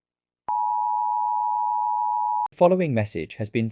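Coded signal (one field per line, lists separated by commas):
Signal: Emergency Alert System (SAME) tones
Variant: 853 and 960 Hz attention tone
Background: speech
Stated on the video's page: Fictional EAS scenario.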